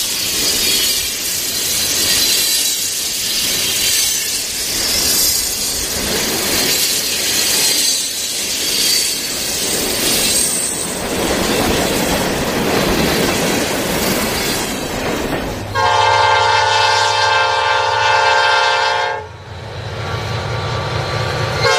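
A train rolls along the tracks with a dense, rumbling clatter and a faint rhythmic pulse of wheels over rail joints. Around sixteen seconds a loud, steady horn blares for about three seconds, then cuts off as the rumble continues underneath.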